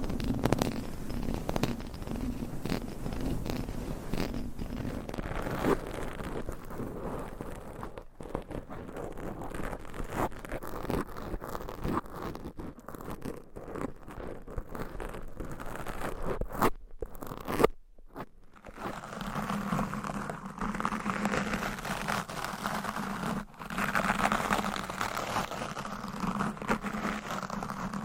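Scratching and tapping triggers shift every few seconds, dense crinkly rubbing broken by sharp taps and brief silent gaps near seventeen seconds.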